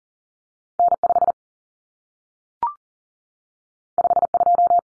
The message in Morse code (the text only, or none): N5 52